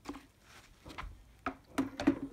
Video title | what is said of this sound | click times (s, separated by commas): Vax rapide spring clean | that that just clips in place and then | 1.5 s